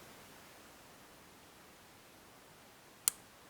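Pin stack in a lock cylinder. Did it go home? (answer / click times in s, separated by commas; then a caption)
yes / 3.1 s. A pick lifts the binding sixth pin of a 15-pin Secury Star Pro Star lock cylinder held under light tension, with only a quiet hiss until then. A single sharp, loud click at 3.1 s marks the pin setting at the shear line, followed by a fainter tick right at the end.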